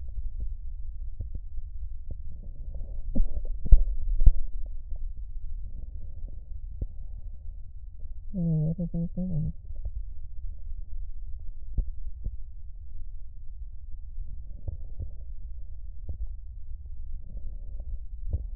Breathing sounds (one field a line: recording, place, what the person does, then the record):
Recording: lung sounds by stethoscope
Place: right posterior basal chest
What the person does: quiet breathing, then cough and speech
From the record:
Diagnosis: COPD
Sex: female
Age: 75 years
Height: 155 cm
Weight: 67.6 kg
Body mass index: 28.1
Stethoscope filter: extended mode